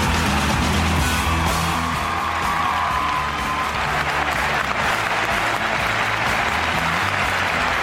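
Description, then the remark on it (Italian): Loud, sustained applause from a crowd for Flavia Pennette and Fabio Fognini, a dense steady wash of clapping lasting several seconds, with a few cheers and whoops mixed in and no one speaking over it. “L'applauso è per Flavia Pennette e Fabio Fognini.”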